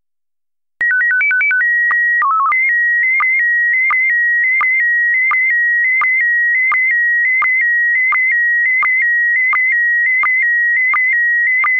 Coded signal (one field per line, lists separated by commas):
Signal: SSTV (slow-scan television)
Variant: PD 90